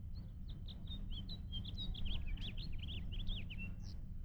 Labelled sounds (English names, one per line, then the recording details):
House Finch song
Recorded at Oceanside on Long Island, New York, on 17 June 1975
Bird A